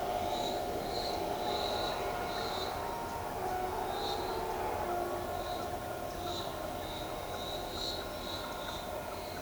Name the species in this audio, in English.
none